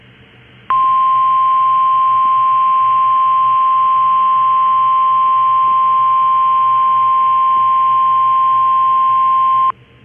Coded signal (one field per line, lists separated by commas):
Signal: Emergency Alert System (SAME) tones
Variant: 1050 Hz attention tone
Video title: EAS Alert #185: Tornado Watch 526 in part of Minnesota (Aug 28, 2022)